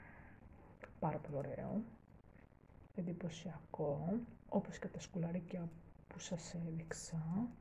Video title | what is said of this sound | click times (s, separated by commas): HAUL ΛΙΓΑ ΑΠ ΟΛΑ#mini haul | Το βάζεις και κουμπώνει. | 0.8 s